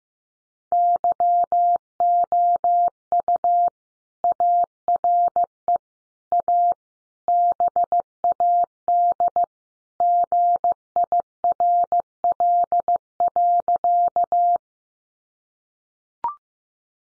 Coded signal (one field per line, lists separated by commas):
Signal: Morse code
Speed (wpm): 15 wpm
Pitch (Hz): 700 Hz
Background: none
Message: YOU ARE A BAD GIRL.